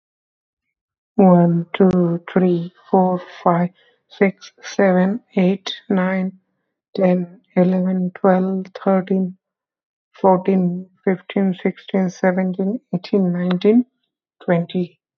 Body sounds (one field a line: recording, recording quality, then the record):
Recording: counting at a normal pace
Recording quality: excellent, no background noise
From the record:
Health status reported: healthy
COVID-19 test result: not tested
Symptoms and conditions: fatigue, muscle pain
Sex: male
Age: 37 years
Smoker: not ticked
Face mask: not worn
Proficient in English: yes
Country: India